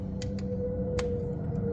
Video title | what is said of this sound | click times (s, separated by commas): 2025 Kawasaki KX250 - Oil, Oil Filter, Air Filter, and General Maintenance | There's the click. Do it just once. | 1.0 s